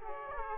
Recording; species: mosquito wingbeat signal from an infrared sensor; Aedes aegypti